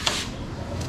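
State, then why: Seated. A charging connector, lined up straight, is pushed into an electric scooter's charging port and gives a short, sharp click at 0.07 s as it locks in. A steady low hum continues for the rest of the clip, with a faint second burst of high-frequency noise near 0.8 s. The connector is seated and locked.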